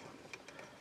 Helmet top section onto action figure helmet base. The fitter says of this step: and that clicks into place